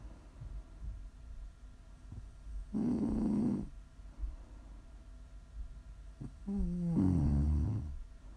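Two loud, rough snores come about four seconds apart, a breathing rate of roughly 15 a minute, with quiet breathing between them. The second snore carries a low droning, buzzy tone over the rattle. This is ordinary adult snoring in a quiet room, offered as ASMR snoring.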